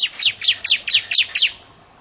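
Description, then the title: Bar-winged prinia singing a rapid series of seven high, chirpy notes, each dropping steeply in pitch, delivered in under two seconds. "Ciblek Sawah"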